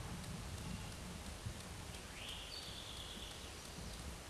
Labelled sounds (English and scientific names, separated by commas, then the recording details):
Eastern Towhee (Pipilo erythrophthalmus) song
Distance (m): 35 m
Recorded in a Pennsylvania forest on 17 May 2023 at 13:59
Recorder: AudioMoth, point grid1_35_low
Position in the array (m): 135 m, 115 m